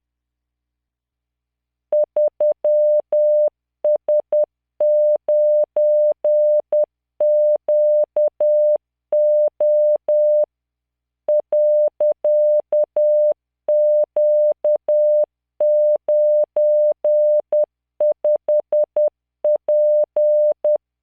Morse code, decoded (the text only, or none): 3S9QO .Q95P